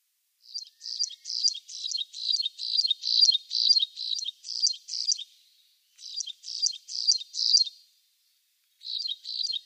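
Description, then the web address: Graceful prinia delivering phrases of high, rhythmic chirping notes repeated rapidly, separated by short pauses, with no other sounds present. "Schulze Peter Graceful Prinia song"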